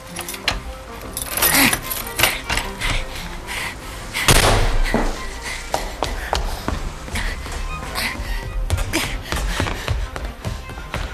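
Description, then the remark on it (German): A ring of keys, including the key to Mrs. Winterfield's house behind the junkyard, jangles and clinks metallically, followed by scraping and clicking as a key turns in the lock, with a few sharp taps and a louder rattle midway. “Der Schlüssel von Mrs. Winterfields Haus.”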